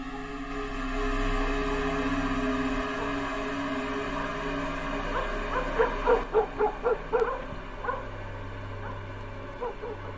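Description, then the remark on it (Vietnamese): A dog barks at night in a small village, a quick run of sharp yaps, about eight in a row, over a steady droning hum with a few faint whimpers before the barking starts. “Đêm phủ xuống cái ngôi làng nhỏ ấy, cũng chẳng có gì ngoài tiếng ếch nhái kêu ở ngoài đồng, tiếng chó cắn ma răng rẳng ở đâu đây.”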